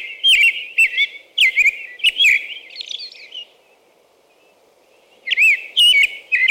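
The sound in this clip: American robin caroling with a rapid series of warbled whistled phrases, a pause of about two seconds, then the song resumes.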